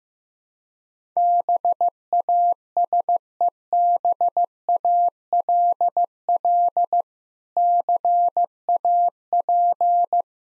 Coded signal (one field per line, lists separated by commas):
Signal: Morse code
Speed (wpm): 15 wpm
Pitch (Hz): 700 Hz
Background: none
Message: BASEBALL CAP